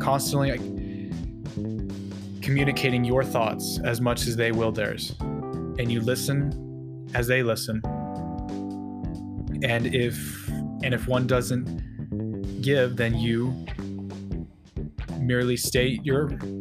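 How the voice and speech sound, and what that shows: Adult male speech from a self-described stutterer, with stretched sounds and long pauses between fragments, fitting stuttering with prolongations and blocks.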